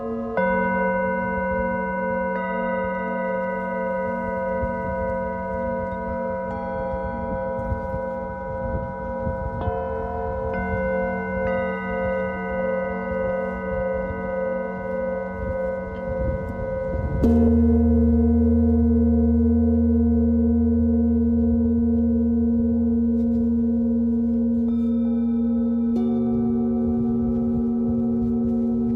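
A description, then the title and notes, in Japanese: Singing bowls ring with long, steady sustained tones, new strikes adding pitches every few seconds over a soft low hum. At about 17 seconds a louder strike brings in a deeper, fuller tone that swells and then slowly fades through the final stretch. メキシコから シンギングボウルのサウンドヒーリング ライブ。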